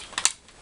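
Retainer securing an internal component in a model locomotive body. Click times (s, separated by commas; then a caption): 0.2 s. While a Faller Playtrain railbus electric garden locomotive is converted to remote control, a small retainer holding an internal component in the model locomotive body, with wires routed through it, is pressed into place. Two sharp clicks at 0.2 s and 0.3 s show it snapping in and seating, so the component is secured and no longer falls out.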